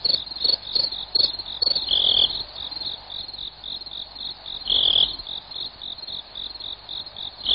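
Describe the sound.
Crickets chirping in high rapid pulses, with a few louder bursts.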